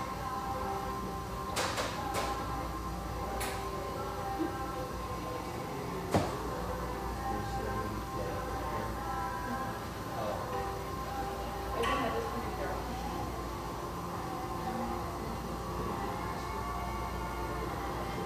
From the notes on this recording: the sounds and mellow radio of this beautiful exposed-brick coffeehouse in the Northeast Portland neighborhood of Hazelwood